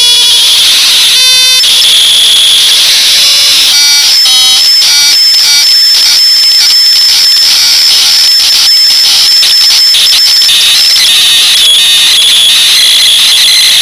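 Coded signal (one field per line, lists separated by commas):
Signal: Commodore tape loading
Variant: Commodore 64 Datassette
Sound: continuous harsh, buzzy warbling screech with rapidly shifting tones and pulses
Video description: Questa è 'la voce' del #Datassette che carica un gioco sul mitico #Commodore64.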